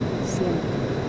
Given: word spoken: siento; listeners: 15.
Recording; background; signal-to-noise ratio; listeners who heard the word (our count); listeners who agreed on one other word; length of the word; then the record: one Spanish word in noise, from a listening test; speech-shaped noise; -4.5 dB; 0 of 15; 7 of 15; 0.70 s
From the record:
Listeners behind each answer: 7, 2, 1, 1, 1, 1, 1, 1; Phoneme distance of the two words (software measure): 37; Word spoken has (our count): 2 syllables, 6 phonemes, stress on syllable 1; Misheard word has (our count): 2 syllables, 7 phonemes, stress on syllable 1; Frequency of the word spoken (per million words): 59.51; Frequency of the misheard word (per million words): 731.24